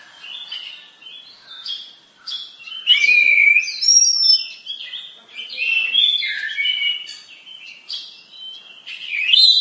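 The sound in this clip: Bird song: long, continuous stream of high, varied whistles and chirps, shifting quickly between notes.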